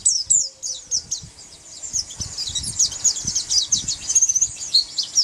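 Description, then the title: White-eye song, a steady stream of high chirps and quick twitters, with faint low background knocks underneath. "Pleci"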